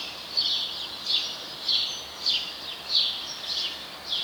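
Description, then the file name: House sparrow with quick, clipped chirps repeated about every half second, slightly irregular, over faint background hiss. "Passer domesticus"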